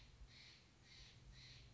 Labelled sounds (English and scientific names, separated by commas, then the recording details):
Steller's Jay (Cyanocitta stelleri)
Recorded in Sonoma County, California